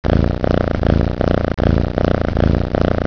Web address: animali gatti gatti cats